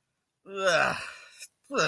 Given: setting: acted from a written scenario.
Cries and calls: vocal sound without words; contempt

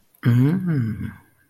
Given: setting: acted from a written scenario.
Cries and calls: vocal sound without words; desire

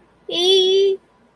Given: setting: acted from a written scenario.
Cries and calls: vocal sound without words; distress

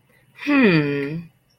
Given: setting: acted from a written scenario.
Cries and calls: vocal sound without words; confusion

